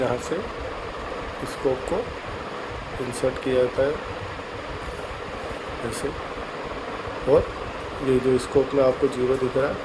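A rigid hysteroscope is slid into an operative metal hysteroscopic sheath and lined up with the zero marks before it is turned to lock. Someone talks over a steady fan-like hum, and nothing has seated or clicked yet.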